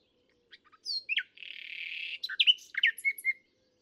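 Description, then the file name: Common nightingale song: brief chirps, a long harsh buzz, then a jumble of sharp varied notes and short whistles. "Luscinia megarhynchos"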